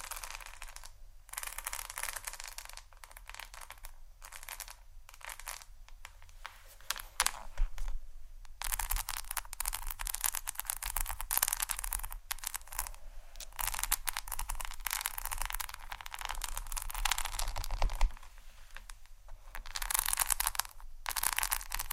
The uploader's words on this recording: ASMR Hair Brush & Comb Sounds （No Talking）.